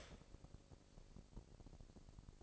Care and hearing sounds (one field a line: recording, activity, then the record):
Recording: daily activity, microphone in the room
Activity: start toaster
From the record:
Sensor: 5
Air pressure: 1007.2 hPa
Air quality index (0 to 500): 122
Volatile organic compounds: 1 ppm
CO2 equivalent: 930 ppm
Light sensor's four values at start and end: 29/66/27/28 and 28/65/27/28